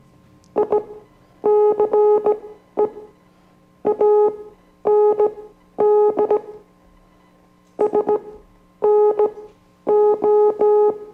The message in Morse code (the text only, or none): ICE AND SNO